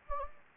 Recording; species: mosquito wingbeat signal from an infrared sensor; Anopheles gambiae